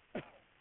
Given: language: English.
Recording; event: throat vibration sensor signal played as sound; cough